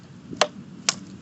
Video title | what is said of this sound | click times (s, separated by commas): How to assemble a craftsman 2-cycle 25cc weedwacker | heard that click | 0.4 s, 0.9 s